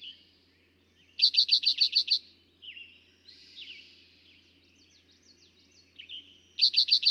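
Eastern towhee song, a rapid, ringing series of about eight notes, repeated near the end; quiet background chatter throughout.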